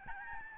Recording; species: mosquito wingbeat signal from an infrared sensor; Aedes albopictus